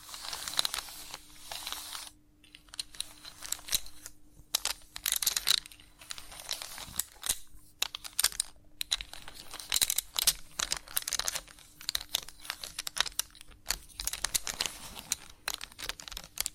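Chalk scratching and tapping in dense, bright bursts with brief pauses, joined by crisp clicks and a faint steady hum underneath.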